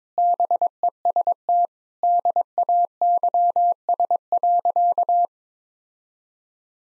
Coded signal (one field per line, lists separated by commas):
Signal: Morse code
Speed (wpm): 22 wpm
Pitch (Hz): 700 Hz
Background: none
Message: BEST DAYS.